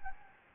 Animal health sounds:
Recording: mosquito wingbeat signal from an infrared sensor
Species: Anopheles gambiae

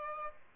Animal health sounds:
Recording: mosquito wingbeat signal from an infrared sensor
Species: Aedes albopictus

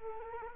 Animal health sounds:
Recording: mosquito wingbeat signal from an infrared sensor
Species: Culex quinquefasciatus

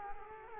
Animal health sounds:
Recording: mosquito wingbeat signal from an infrared sensor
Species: Culex quinquefasciatus

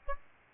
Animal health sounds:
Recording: mosquito wingbeat signal from an infrared sensor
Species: Aedes albopictus

